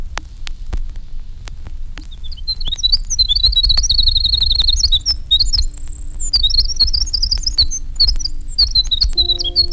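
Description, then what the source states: Winter wren song: a long, rapid run of high, tinkling notes, couplets and fast trills after a quiet start, over a low steady hum and scattered clicks. Song with silvery cadences, couplets and trills, longer but less varied than Bewick's wren song.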